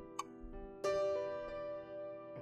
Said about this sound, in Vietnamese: Tiếng chuông đồng hồ báo hiệu 6 giờ tối đã điểm.